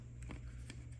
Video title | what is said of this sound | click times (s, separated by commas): How to open a FeatherSnap Smart Solar Powered Bird Feeder Account and App | It should pop on there. There we go. Hear that snap? Need that. | 0.7 s